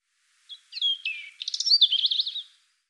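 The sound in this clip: European robin singing a short, sweet phrase of thin sliding whistles followed by quick, tinkling trills, all high-pitched and fluid.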